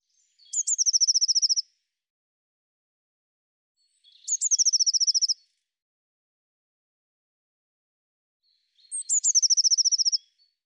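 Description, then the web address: Eurasian blue tit calls: three high phrases, each of two thin sharp notes and then a fast even trill, spaced roughly four seconds apart, with silence between them. "cianscape birddata Deverinetal 2025 File cleaned normalized Bird Cy Ca"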